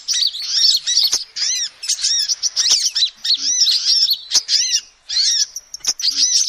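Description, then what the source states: Lovebird calls in fast, high squeaky bursts, each note bending up then down, broken by short gaps and a few crisp clicks. Lovebird call used as a lure to trap birds.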